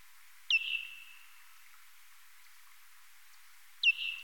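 Parti-coloured bat calls: two falling sweeps about three seconds apart, each settling into a long, steady tone.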